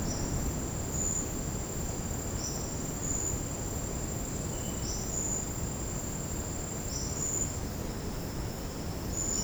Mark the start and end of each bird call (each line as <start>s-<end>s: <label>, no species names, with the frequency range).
0.00s-0.34s: bird call (4.3-6.3 kHz)
2.37s-2.67s: bird call (4.7-6.5 kHz)
4.78s-5.18s: bird call (4.5-6.4 kHz)
6.85s-7.23s: bird call (3.9-6.4 kHz)